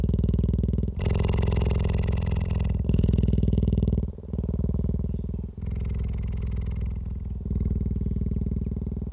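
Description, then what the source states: Cheetah purr, a deep buzzing rumble pulsing rapidly, alternating fuller and softer stretches with brief pauses near one, four and five and a half seconds. Adult cheetah.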